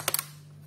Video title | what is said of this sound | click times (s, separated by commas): Upgrade Ram Asus X454W | sampai terkunci seperti itu selanjutnya | 0.1 s, 0.2 s